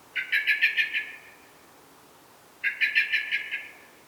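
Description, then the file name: Common blackbird chattering call: two bursts of rapid, harsh notes, each about a second long, separated by a quiet gap; no other sounds stand out. "Turdus merula"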